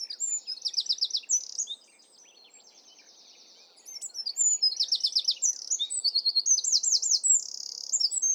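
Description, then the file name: Eurasian wren song: a loud, high, rapid outpouring of sharp notes and fast rattling trills, pausing briefly midway before a second long, vigorous burst. "Troglodytes troglodytes"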